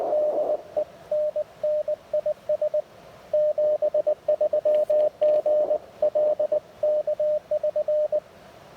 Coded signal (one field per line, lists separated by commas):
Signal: Morse code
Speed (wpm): 20 wpm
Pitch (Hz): 600 Hz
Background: radio noise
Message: DENNIS 73 GL K<SN>